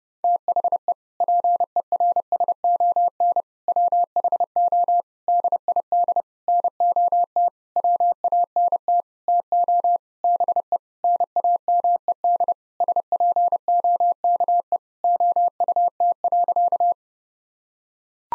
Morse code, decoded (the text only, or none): THE PERSON WHO DID NOT WANT TO BE NAMED SPOKE OUT.